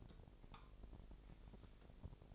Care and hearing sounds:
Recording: daily activity, microphone in the room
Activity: take from stove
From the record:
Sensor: 5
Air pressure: 999.4 hPa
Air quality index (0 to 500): 224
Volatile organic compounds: 22 ppm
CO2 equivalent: 2742 ppm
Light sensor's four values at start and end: 30/68/28/28 and 31/72/29/29

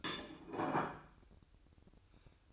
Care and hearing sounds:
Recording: daily activity, microphone in the room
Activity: place plate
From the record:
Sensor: 2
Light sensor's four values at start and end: 6/15/6/6 and 6/15/6/6

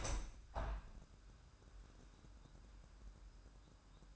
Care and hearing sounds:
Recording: daily activity, microphone in the room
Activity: open window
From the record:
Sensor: 2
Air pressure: 998.4 hPa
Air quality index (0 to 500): 134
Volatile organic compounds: 3 ppm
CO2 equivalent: 1524 ppm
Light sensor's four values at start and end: 7/16/6/7 and 7/16/7/7

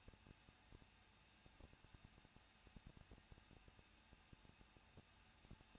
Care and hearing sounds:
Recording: daily activity, microphone in the room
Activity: no activity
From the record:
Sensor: 2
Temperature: 21.0 degrees Celsius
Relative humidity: 37.3%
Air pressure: 1006.2 hPa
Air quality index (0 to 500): 221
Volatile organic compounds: 23 ppm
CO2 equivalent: 2795 ppm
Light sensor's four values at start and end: 2/3/2/2 and 2/3/2/2

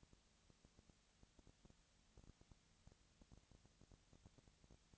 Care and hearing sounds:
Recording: daily activity, microphone in the room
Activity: no activity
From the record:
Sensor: 3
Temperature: 20.6 degrees Celsius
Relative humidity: 35.7%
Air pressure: 998.8 hPa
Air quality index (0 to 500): 236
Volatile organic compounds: 71 ppm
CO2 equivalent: 3527 ppm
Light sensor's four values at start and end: 2/3/2/2 and 2/3/2/2

